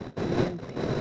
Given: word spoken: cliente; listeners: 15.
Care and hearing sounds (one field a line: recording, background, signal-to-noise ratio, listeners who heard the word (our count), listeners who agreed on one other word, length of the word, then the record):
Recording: one Spanish word in noise, from a listening test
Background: noise modulated by three-talker babble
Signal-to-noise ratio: -5.0 dB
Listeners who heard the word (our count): 1 of 15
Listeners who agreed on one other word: 6 of 15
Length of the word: 0.62 s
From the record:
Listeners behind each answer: 6, 2, 1, 1, 1, 1, 1, 1, 1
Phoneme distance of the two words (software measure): 17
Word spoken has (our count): 2 syllables, 7 phonemes, stress on syllable 1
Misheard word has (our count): 2 syllables, 6 phonemes, stress on syllable 1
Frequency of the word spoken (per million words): 27.55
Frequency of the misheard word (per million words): 4.20